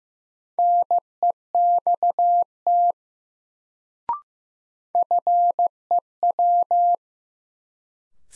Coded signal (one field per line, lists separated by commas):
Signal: Morse code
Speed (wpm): 15 wpm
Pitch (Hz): 700 Hz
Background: none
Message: NEXT FEW